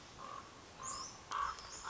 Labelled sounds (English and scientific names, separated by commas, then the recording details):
Common Raven (Corvus corax)
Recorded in Sonoma County, California